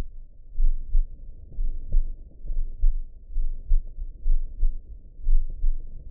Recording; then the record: heart sounds by optical stethoscope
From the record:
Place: aortic valve (AV)